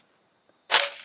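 A rifle magazine that was sitting out a little is pushed up into the magazine well. It seats with a sharp, loud knock at 0.7 s, followed by a short decaying tail. The magazine is now seated, and not being seated before had caused a click with no bang.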